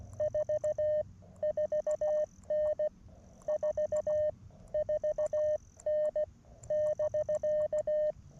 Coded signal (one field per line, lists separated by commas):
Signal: Morse code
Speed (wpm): 16 wpm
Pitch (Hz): 590 Hz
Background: none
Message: 44N 44N <BK>